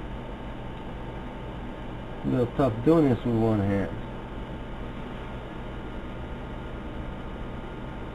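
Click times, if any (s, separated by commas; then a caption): none. A 24-pin ATX power supply connector is being fitted by one hand onto the motherboard power socket of a bench tester board, while someone talks briefly around 2.3 to 3.9 seconds over a steady low hum. Nothing has seated or clicked yet; the plug is only being handled.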